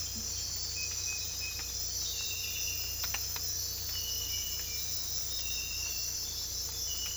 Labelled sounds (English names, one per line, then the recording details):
none
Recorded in dense forest near Puerto Asís, Putumayo, Colombia, on 22 December 2024 at 04:30
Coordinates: 0.486, -76.317
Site G003